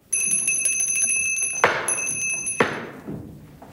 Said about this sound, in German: aber plötzlich schmettert er es hin und schellt mit einer Klingel, worauf ein alter Diener erscheint.